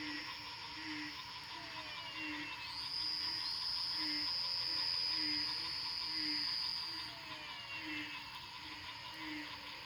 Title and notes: Nanawa &, Fortín Arce, Luque 110917, Paraguay - sonidos de ranas después de la lluvia. grabación nocturna de las ranas